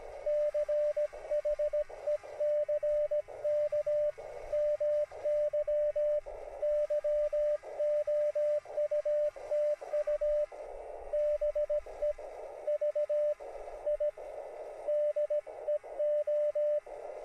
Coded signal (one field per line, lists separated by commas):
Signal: Morse code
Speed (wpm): 17 wpm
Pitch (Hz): 600 Hz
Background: radio noise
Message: CHECK MY YOUTUBE VIDEO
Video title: HAM Radio Drone Antenna.